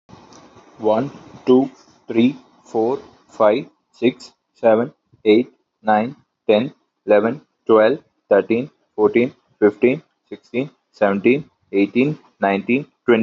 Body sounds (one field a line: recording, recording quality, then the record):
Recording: counting at a normal pace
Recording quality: moderate, slight background noise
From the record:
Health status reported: healthy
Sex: male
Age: 29 years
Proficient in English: yes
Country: India